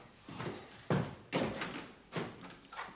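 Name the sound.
door being shut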